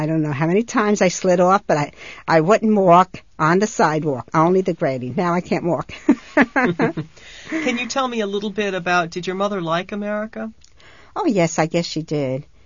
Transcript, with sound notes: I don't know how many times I slid off, but I wouldn't walk on the sidewalk, only the grating. Now I can't walk. ( she laughs )
Can you tell me a little bit about, did your mother like America?
Oh, yes, I guess she did.